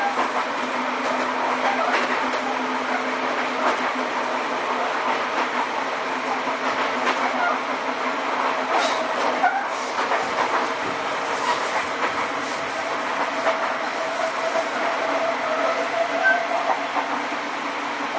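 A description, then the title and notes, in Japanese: A ride aboard a Sotetsu New 7000 series train between Ebina and Yokohama, with a steady, dense rumble of the running train throughout. A low, even hum sits under the noise, and brief clacks from the rails break through now and then, especially around the middle. 相鉄新7000系 海老名〜横浜。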